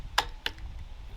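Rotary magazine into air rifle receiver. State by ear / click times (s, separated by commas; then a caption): seated / 0.2 s. A loaded eight-shot rotary magazine is pushed into the side of the receiver of a Benjamin Marauder .25 cal PCP air rifle, seating with a sharp, bright click at 0.2 s. A second, slightly softer click follows at 0.5 s, with a faint tick near 0.6 s over low background rumble. The magazine seats in place, and the bolt is then pushed forward until it stops.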